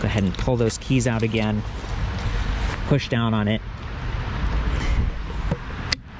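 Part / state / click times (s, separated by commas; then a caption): e-bike battery pack into downtube frame mount / seated / 5.9 s. Someone talks while the battery pack of a Bianchi T-Tronik C-Type e-bike, with the keys pulled out, is pushed down into the frame downtube mount with two hands. A sharp click at 5.9 s marks the battery seating and locking into position.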